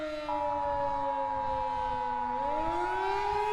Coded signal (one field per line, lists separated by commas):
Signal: Emergency Alert System (SAME) tones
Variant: 853 and 960 Hz attention tone